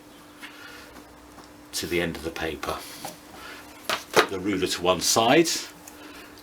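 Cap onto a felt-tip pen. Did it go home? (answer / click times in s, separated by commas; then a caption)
yes / 5.9 s. The cap is pushed back onto a plastic felt-tip pen so the pen does not dry out. Someone talks, then a single sharp tick is heard at 5.9 seconds as the cap clicks on and seats.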